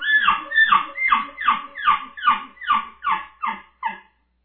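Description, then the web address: Elk chuckles: about ten harsh, descending yelping grunts repeated at a steady quick pace, fading slightly toward the end. Bull elk, from a 2001 elk contest. "bowsite. elkcontest elk 2001 soundfiles bull"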